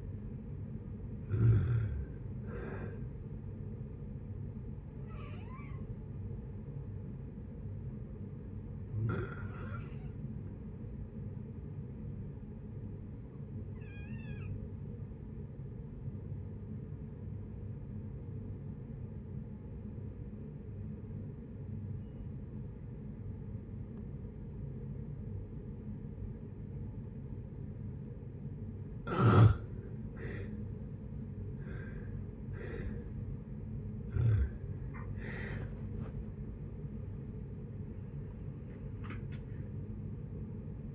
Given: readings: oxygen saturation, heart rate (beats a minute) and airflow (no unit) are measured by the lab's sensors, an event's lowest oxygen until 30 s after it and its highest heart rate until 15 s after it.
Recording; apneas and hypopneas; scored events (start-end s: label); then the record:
breathing in sleep by a smartphone at the bedside; 1
5.00-30.90 s: hypopnea (N1, oxygen 96% highest, then 78% lowest, heart rate 72 at the start, 78 highest)
From the record:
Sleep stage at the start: N1 (lightest sleep); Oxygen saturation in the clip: 79 to 96%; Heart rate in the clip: 57 to 78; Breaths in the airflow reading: 8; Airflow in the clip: -11.7 to 12.5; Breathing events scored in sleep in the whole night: 496 in 5.4 hours asleep